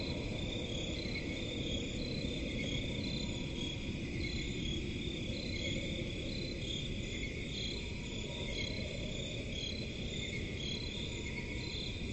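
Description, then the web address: Crickets chirping steadily in overlapping high trills with gentle pulsing, and a deep constant rumble beneath. Crickets in a forest at night. "Forest and crickets at night. صدای-آرامبخش-جنگل-و-جیرجیرک"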